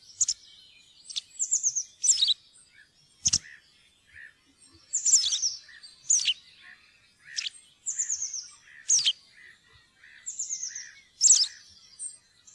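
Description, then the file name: White wagtail twittering song mixing high, downslurred whistles, sharp chips and short trills, delivered in loose bursts with brief pauses between phrases. "linerle"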